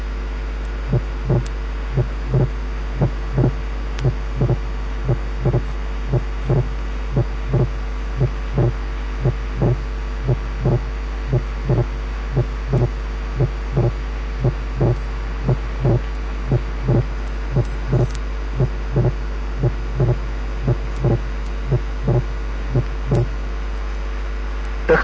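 Regular low heart sounds at about 58 beats a minute over a steady background hum, heard by stethoscope in an adult. The second heart sound is widely split, and the split varies: wide but variable splitting of S2 in right bundle branch block, where delayed right ventricular emptying postpones pulmonary valve closure.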